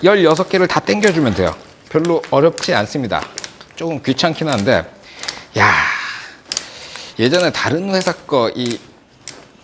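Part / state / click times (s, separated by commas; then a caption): softbox support rod into speedring / seated / 6.5 s, 6.6 s. A support rod of an umbrella-style photo softbox is pulled all the way out until it locks into the speedring. Two sharp clicks are heard at 6.5 s and 6.6 s, and the rod is seated. Someone talks before and after the clicks.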